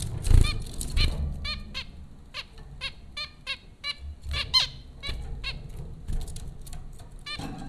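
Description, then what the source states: Zebra finch calls, a steady run of short nasal trumpeting notes, roughly one or two per second, with low thumps in the background. Zebra finches recorded at Popcorn School, Flatbush, Brooklyn, New York, in April 2009.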